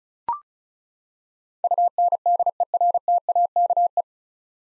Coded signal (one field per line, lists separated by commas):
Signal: Morse code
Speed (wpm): 36 wpm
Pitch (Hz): 700 Hz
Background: none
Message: UNDERTAKE